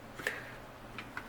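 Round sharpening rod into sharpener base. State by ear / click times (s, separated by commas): not seated / none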